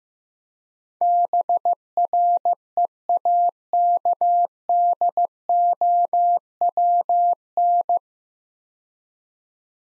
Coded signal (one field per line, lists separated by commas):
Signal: Morse code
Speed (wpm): 15 wpm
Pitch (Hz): 700 Hz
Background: none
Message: BREAKDOWN